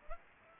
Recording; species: mosquito wingbeat signal from an infrared sensor; Aedes aegypti